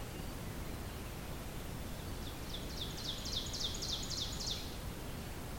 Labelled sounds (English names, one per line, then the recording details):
Ovenbird song
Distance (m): 55 m
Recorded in boreal forest in Alberta, Canada, on 5 June 2016 at 06:22
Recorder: SongMeter 3, array SBT-3-51
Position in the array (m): 244 m, 133 m
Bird 28